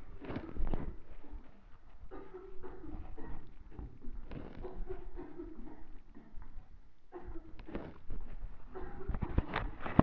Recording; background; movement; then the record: deep breathing; a bystander coughing; walking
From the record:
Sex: female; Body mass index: 21.8 kg/m2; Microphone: on the chest, facing the body